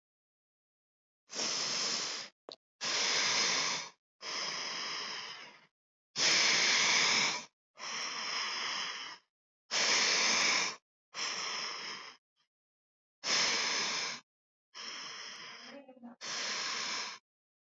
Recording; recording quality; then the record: deep breathing; excellent, no background noise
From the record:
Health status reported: COVID-19 positive, mild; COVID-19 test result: positive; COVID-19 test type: RT-PCR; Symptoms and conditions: sore throat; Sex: female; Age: 24 years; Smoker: no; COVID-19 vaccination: both doses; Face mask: not worn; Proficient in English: yes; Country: India